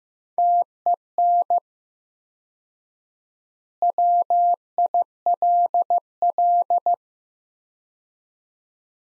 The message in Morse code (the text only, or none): TEN WILL